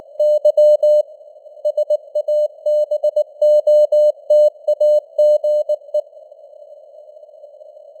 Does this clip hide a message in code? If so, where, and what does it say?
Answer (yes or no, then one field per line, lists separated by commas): yes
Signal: Morse code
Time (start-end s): 0.2-6.0 s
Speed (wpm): 19 wpm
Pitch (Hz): 600 Hz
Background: none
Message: Y SABOTAGE